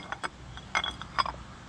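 A clutch component is pushed onto the clutch shaft or hub of a Yamaha Banshee ATV engine during a clutch replacement, giving a series of short metallic clinks and taps. After a second metallic push and clink at 1.2 s, the part drops fully into place on the shaft and is seated.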